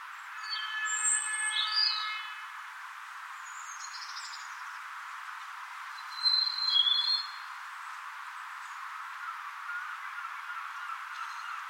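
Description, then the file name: European robin song: a few high, scratchy, warbling phrases separated by pauses, with a brief tonal note with harmonics near the start and constant background hiss. "Erithacus rubecula"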